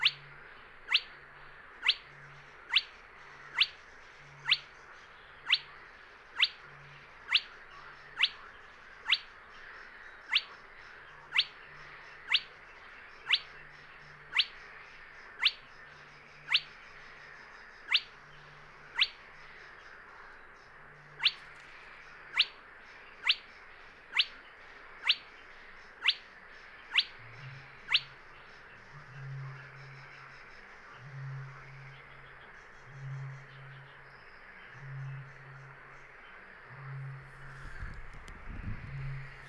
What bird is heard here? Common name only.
Spotted Crake